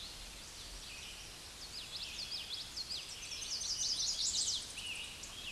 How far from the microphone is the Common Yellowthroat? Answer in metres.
about 20 m